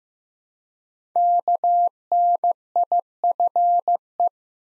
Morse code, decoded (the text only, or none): KNIFE